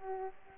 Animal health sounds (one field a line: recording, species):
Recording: mosquito wingbeat signal from an infrared sensor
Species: Aedes aegypti